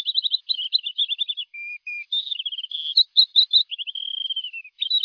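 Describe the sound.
Thrush singing fast, varied phrases of chattering trills and clipped notes, including one drawn-out whistle that slides gently downward near the end.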